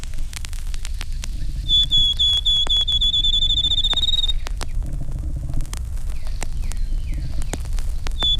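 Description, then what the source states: Field Sparrow song: one long, clear whistled note held steady and slightly rising for about two and a half seconds, another beginning at the end, over clicking noise and low rumble. Male; each individual has his own variation of the family song, two or three long notes followed by a trill.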